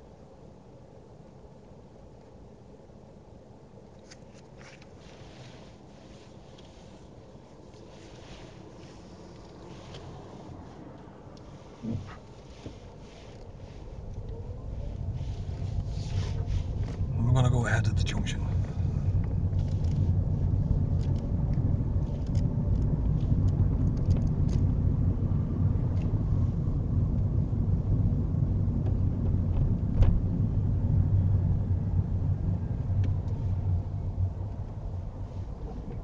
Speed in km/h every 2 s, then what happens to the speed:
0, 0, 0, 0, 0, 0, 5, 11, 15, 19, 24, 24, 21, 23, 19, 15, 8, 3.
0-10 standing. 10-20 pulls away to 24. 20-26 steady at about 23. 26-36 slows to 3.